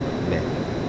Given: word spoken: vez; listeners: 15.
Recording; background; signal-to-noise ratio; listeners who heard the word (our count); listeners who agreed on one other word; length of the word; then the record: one Spanish word in noise, from a listening test; speech-shaped noise; -4.2 dB; 0 of 15; 8 of 15; 0.49 s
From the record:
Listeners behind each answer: 8, 2, 2, 1, 1, 1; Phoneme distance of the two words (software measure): 10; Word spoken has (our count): 1 syllable, 3 phonemes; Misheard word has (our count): 1 syllable, 3 phonemes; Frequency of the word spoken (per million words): 1071.97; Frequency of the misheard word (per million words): 435.76